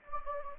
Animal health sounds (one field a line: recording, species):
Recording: mosquito wingbeat signal from an infrared sensor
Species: Anopheles gambiae